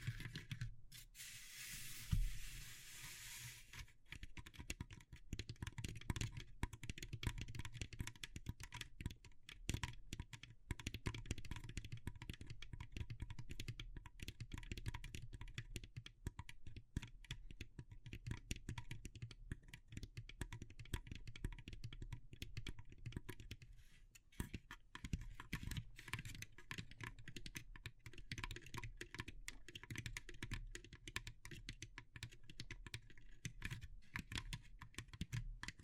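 Dense, rapid clicking and tapping on wood, bamboo and straw runs the whole way through, crisp and irregular like fast typing. A brief hissy brushing sound opens the first few seconds, and a low steady hum sits underneath throughout.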